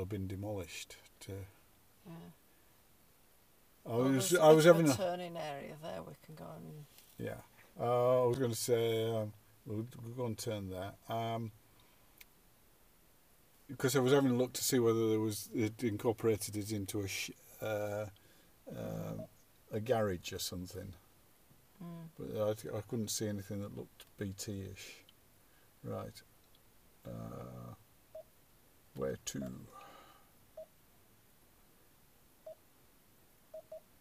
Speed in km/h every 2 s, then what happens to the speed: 0, 0, 0, 0, 0, 0, 0, 0, 0, 0, 0, 0, 0, 0, 0, 0, 0.
0-34 standing.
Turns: none.